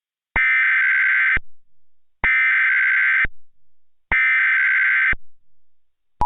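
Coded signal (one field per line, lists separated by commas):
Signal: Emergency Alert System (SAME) tones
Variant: header bursts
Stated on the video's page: Simulated Emergency Alert System alert, part of a fictional scenario series.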